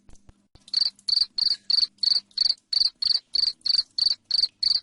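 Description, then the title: Cricket chirps begin after a quiet start, then continue in a loud, even train of high pulses about three per second. Loud cricket chirping (jangkrik ngerik) played to make lovebirds sing continuously (ngekek). "Suara JANGKRIK NGERIK Keras Bikin LOVEBIRD Jadi NGEKEK Terus"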